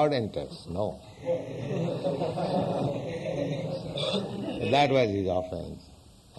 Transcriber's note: laughter